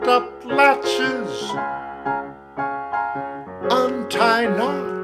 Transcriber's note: echoing